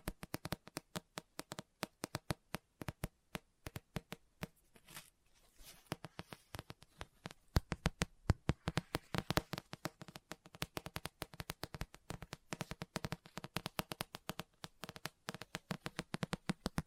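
Tapping and scratching on a book, a rapid, dense stream of sharp clicks and taps running through the whole recording. The taps come in quick irregular bursts, briefly thinning around five to six seconds, then growing busier and slightly louder toward the end.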